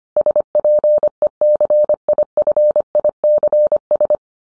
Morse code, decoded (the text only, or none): SPECIFICS